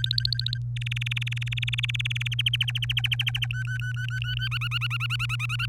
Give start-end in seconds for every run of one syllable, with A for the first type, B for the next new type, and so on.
0.00-0.58 A, 0.76-2.28 B, 2.32-3.46 C, 3.50-4.48 D, 4.51-5.66 E